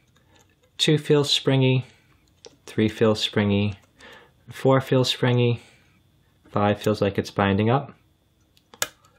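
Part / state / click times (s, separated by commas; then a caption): pin stack in a pin-tumbler lock cylinder / seated / 8.8 s. A pin stack in a pin-tumbler lock cylinder is picked under tension while someone talks, the binding pin being lifted until it sets at the shear line. A sharp click at 8.8 s marks the pin setting, with faint ticks around it.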